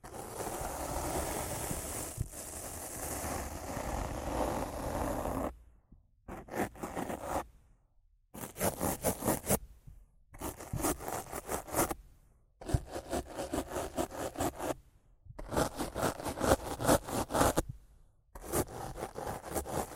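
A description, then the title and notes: Rough scratching and brushing on a microphone, starting with about five seconds of continuous dense, gritty rubbing. After that it turns into repeated bursts of scraping strokes, each a second or two long, separated by short full silences, with a crackly, rasping texture throughout. ASMR Rough Mic Scratching & Brushing (No Talking).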